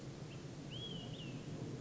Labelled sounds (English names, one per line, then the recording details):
Olive-sided Flycatcher
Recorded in Sonoma County, California